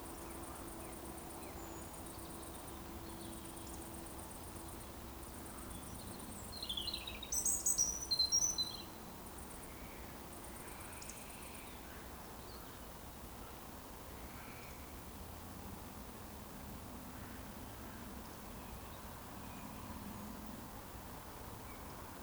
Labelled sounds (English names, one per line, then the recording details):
Eurasian Woodcock whistle
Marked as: whistle, whistle, whistle, whistle, whistle, whistle, whistle
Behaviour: display flight
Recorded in Baden-Württemberg, Germany, on 23 June 2020 at 20:19 UTC
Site 14569, 102 m above sea level